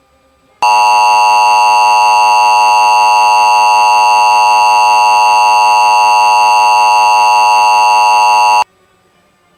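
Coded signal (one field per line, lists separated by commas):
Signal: Emergency Alert System (SAME) tones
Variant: 853 and 960 Hz attention tone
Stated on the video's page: Statewide child abduction emergency alert captured from an online EAS broadcast stream.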